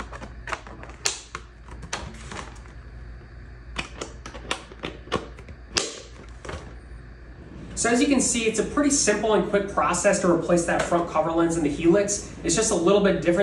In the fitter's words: what you're going to want to do is press the tabs into position on either side of the hood until you hear a clicking sound